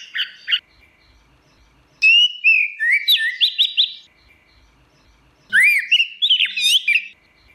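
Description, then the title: Bird song: chattering, whistled phrases with rising and falling notes, delivered in three energetic bursts with brief quiet gaps between them. "SuaraBurung Kicau"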